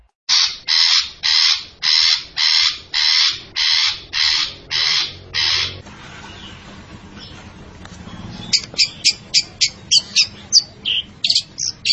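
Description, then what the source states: Long-tailed shrike song: a steady run of about ten harsh, scratchy notes, then a quiet pause, then a quicker series of short, sharp notes. Long-tailed shrike described as gacor, singing actively and often.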